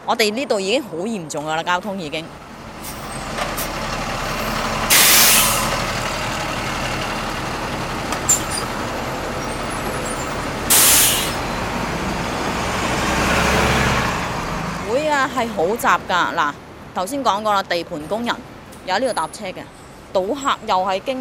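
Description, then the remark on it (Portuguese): Buses and traffic rumble steadily at a bus stop, with two sharp hissing bursts like air brakes releasing. People talk at the start and again at the end as the engine noise fades. “Os trabalhadores da construção vêm aqui apanhar os autocarros, os jogadores dos casinos também passam por aqui, tal como os turistas que visitam Haksa.”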